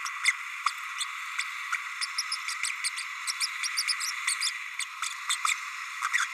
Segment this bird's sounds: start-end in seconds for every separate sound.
0.24-0.32, 0.66-0.70, 0.97-1.04, 1.38-1.43, 1.72-1.77, 2.01-2.06, 2.18-2.22, 2.31-2.36, 2.84-2.89, 3.40-3.46, 3.77-3.82, 4.00-4.11, 4.27-4.34, 4.41-4.50, 5.30-5.36, 5.45-5.54, 6.13-6.25